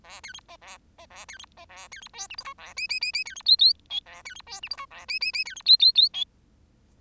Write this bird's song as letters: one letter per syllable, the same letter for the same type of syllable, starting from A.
A B C D A D A B C D A B C E F G H A I I I I B C J J K A B C E F G H A I I I B C J J J K